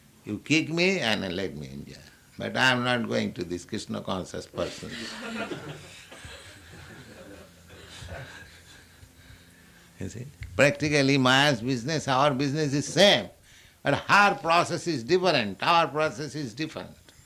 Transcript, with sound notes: you kick me and let me enjoy, but I am not going to these Kṛṣṇa conscious persons." [laughter] Practically, Māyā's business, our business is same, but her process is different, our process is different.